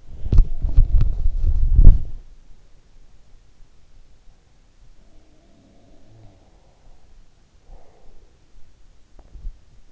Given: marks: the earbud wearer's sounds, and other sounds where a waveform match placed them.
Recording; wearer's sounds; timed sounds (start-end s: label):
sounds in sleep by an in-ear microphone; body movement
0.00-2.78 s: body movement
4.85-8.25 s: sound from someone else or the room